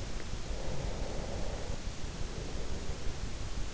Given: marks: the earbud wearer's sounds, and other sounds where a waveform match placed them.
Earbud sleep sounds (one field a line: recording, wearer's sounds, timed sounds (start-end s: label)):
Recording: sounds in sleep by an in-ear microphone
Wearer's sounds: breath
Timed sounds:
0.32-3.60 s: breath